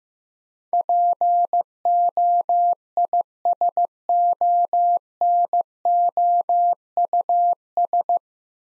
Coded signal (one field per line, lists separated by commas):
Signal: Morse code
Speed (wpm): 15 wpm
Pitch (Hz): 700 Hz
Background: none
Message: POISONOUS